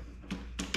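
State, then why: Seated. The plastic lock tab of a 10" Kobalt portable table saw's blade guard assembly is pushed down onto the saw's metal riving knife after the assembly's back pin is hooked and the guard is let drop. A soft tap sounds at 0.3 s, followed by sharp tick-like snaps at 0.6 s and 0.8 s as the tab locks in place. The tab is seated and the guard is ready to use.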